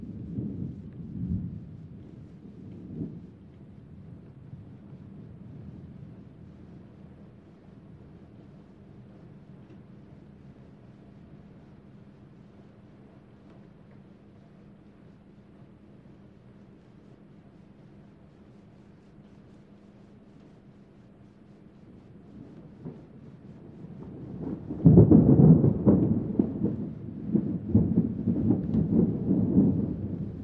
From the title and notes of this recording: Relaxing Sounds - Thundering Rainstorm Early Variant 2.